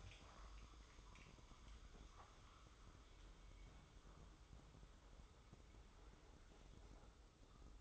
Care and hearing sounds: daily activity, microphone in the room; make coffee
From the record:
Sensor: 3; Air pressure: 995.0 hPa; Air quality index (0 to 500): 75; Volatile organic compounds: 5 ppm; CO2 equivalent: 1741 ppm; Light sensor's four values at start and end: 17/50/21/18 and 17/51/22/19

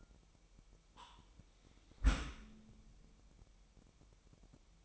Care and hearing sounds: daily activity, microphone in the room; close dishwasher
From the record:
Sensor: 1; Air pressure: 998.4 hPa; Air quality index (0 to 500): 136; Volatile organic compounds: 4 ppm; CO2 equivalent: 1632 ppm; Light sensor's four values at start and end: 17/58/23/23 and 17/57/23/23

